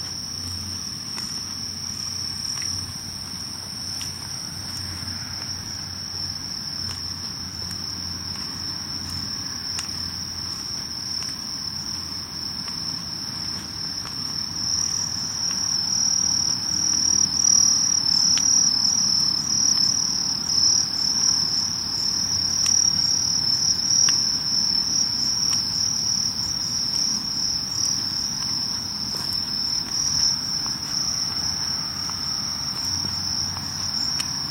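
Insects sing through a summer night walk, a steady high band of chirring running the whole time with a busier, brighter layer from about fifteen seconds on. Beneath it sits a low continuous rumble, and the overall level rises slightly midway.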